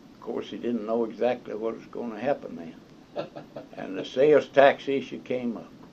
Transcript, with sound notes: ’course, he didn’t know exactly what was going to happen then [laughs] and the sales tax issue came up,